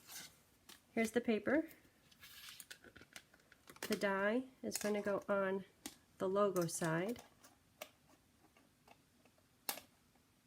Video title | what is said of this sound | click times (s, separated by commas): Art in Bloom Hybrid Bundle WOW! | Oh, there, it's nesting in. It almost kind of clicks into place, almost. | 9.7 s